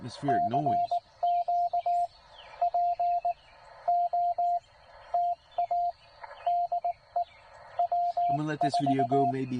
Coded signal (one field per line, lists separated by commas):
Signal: Morse code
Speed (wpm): 19 wpm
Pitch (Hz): 700 Hz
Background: speech, radio noise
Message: CQ POTA DE W4